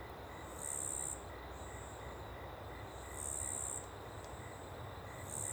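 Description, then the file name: Cricket chirping in high, sharp trilled bursts every few seconds over a broad, continuous rushing-water background. Small open woodland ambience with a river in the background; cricket very prominent on the left channel. "Ambiente em Pequena Mata Aberta e Rio ao Fundo com Grilo bem Presente na Esquerda"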